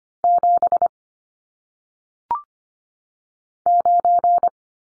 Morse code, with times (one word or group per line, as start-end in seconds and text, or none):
0.2-0.9 7
3.7-4.5 9